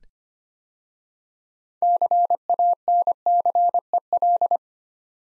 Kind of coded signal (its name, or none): Morse code